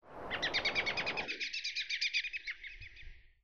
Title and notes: Bird Sound Effects पक्षी लगता है. lots of different bird sounds